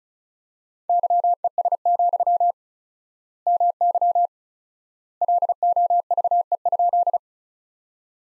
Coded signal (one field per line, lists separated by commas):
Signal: Morse code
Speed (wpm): 36 wpm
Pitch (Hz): 700 Hz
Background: none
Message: YES, MY LOVE?